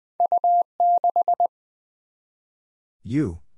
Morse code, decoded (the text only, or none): U6